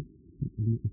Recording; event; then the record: neck accelerometer signal played as sound; no cough (speech, laughter, throat clearing or background)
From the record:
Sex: male